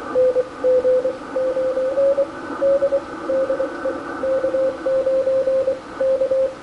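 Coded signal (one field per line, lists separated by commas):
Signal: Morse code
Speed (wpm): 23 wpm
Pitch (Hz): 530 Hz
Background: radio noise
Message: NG9D DE K9 K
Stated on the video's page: Restored 1940s tube ham transmitter with 6AG7 oscillator and 6L6 tubes, heard on the 80 meter CW band on an Icom 746PRO with a dipole antenna.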